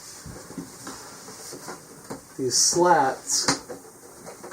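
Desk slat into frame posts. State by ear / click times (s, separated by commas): not seated / none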